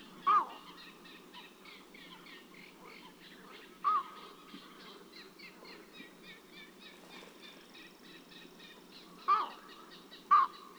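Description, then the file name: Eurasian bittern flight calls: four short, harsh, nasal barks, the last two close together near the end. Flight calls from two individuals. "Eurasian Bittern Flight Calls Of Two Individuals"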